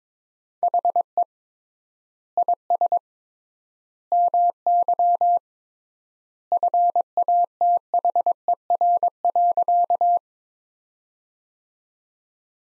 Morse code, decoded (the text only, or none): HE IS MY FATHER.